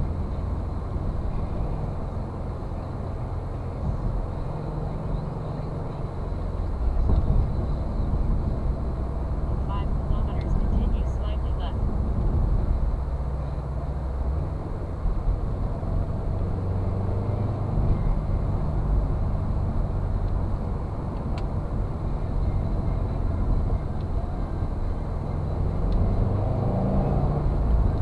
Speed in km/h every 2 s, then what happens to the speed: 50, 51, 52, 51, 51, 51, 51, 52, 52, 57, 54, 55, 51, 58.
0-13 steady at about 51. 13-18 speeds up to 57. 18-24 slows to 51. 24-28 speeds up to 58.